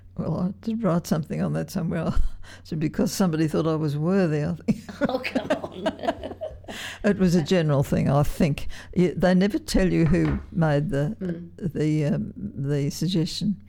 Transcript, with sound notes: Well I did write something on that somewhere; because somebody thought I was worthy I think.
Oh come on!
[laughter] It was a general thing I think; they never tell you who made the suggestion